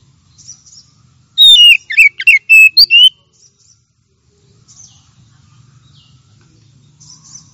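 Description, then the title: Oriental magpie-robin singing a short, rapid phrase of bright whistled notes lasting under two seconds, with faint high chips before and after. Champion singing bird, chirping song. "Kicau Burung Kacer Juara"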